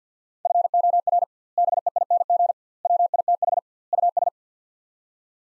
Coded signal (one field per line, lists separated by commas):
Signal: Morse code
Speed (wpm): 49 wpm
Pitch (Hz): 700 Hz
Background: none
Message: FOR BEING WITH US